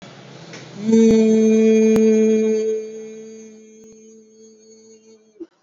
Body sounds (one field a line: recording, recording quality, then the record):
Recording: sustained vowel as in beet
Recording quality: poor, much background noise or distortion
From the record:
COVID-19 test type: RT-PCR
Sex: male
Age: 22 years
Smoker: no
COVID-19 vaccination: both doses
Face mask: worn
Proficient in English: yes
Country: India